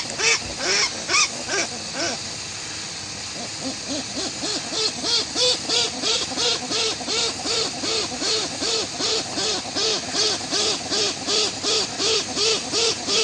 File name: westland black petrel song